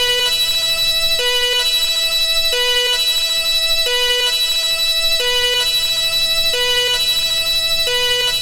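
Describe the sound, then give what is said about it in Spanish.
A loud two-tone siren at the end of a vinyl record wails on and on, its bright, buzzy pitch stepping steadily between a high and a low note about once a second, with no voices over it. “Infinito, infinita sirena.”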